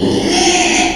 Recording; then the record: squeal of a Yucatan mini pig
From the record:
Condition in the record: after surgery on the right vocal fold (resection and tissue-engineered implant); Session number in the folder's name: 2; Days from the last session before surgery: 13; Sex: male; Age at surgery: 12 weeks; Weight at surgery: 13 kg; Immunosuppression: cyclosporine, prednisolone